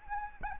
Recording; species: mosquito wingbeat signal from an infrared sensor; Anopheles arabiensis